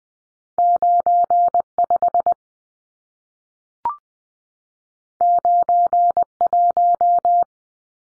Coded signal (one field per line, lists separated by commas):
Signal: Morse code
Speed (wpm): 20 wpm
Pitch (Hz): 700 Hz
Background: none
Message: 95 91